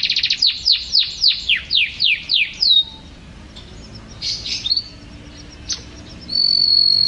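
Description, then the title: Canary song: a rapid series of descending whistled sweeps repeated about four per second, then buzzy bursts and a long level high whistle at the end. "Kenari"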